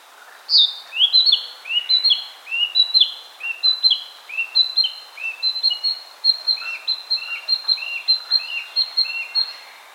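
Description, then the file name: Narcissus flycatcher in steady song, a long run of short whistled notes alternating high and low, rising slurs mixed with level tones, barely pausing. "Ficedula narcissina"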